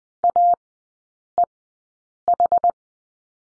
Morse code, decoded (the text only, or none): AEH